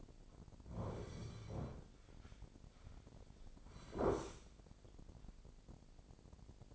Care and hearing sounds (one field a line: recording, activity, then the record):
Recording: daily activity, microphone in the room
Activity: sit down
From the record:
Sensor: 5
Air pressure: 1009.4 hPa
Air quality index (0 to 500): 156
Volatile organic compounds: 2 ppm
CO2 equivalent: 1200 ppm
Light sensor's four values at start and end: 283/675/289/317 and 282/675/288/317